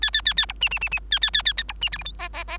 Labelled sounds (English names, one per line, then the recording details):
Bengalese Finch song
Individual Bird3